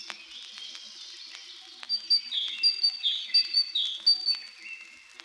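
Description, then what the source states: Great tit calling with a series of clear, ringing chirped notes in the second half, after a quieter start. Has a very ringing voice and does not like to stay silent; several of its calls presented.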